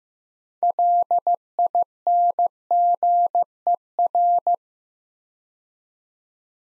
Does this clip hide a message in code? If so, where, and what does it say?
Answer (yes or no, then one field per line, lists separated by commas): yes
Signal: Morse code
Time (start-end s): 0.6-4.6 s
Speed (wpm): 15 wpm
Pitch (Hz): 700 Hz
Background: none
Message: LINGER